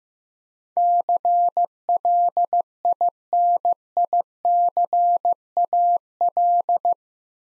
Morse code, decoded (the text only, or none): CLINICAL